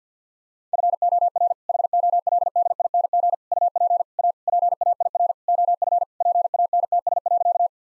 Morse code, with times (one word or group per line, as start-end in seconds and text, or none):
0.7-1.5 FOR
1.7-3.3 HOLDING
3.5-4.0 UP
4.2-4.3 A
4.5-5.3 PAIR
5.5-6.0 OF
6.2-7.7 PANTS.